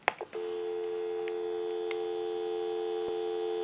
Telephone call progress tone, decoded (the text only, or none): dial tone